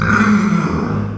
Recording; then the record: squeal of a Yucatan mini pig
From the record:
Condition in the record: after surgery on the right vocal fold (resection and tissue-engineered implant); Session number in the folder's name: 15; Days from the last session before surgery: 175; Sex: female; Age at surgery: 19 weeks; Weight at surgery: 25 kg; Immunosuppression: prednisolone